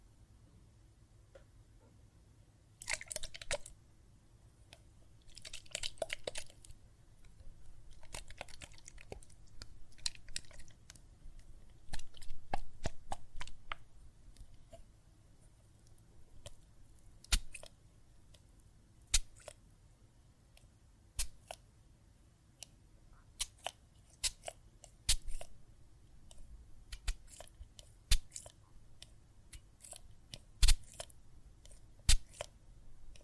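Soap foam and water make wet, crackling sounds, with dense fizzing bursts in the first half around 3, 6, 8 and 12 seconds. Later the sound thins into scattered sharp pops and clicks, irregular and frequent, over a faint steady low hum.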